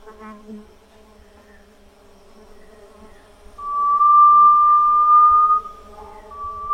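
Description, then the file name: Grey-legged tinamou whistling a long, pure, even note for about two seconds, then starting another after a short pause, over a steady low hum. "canto do Inhambu de pe cinza"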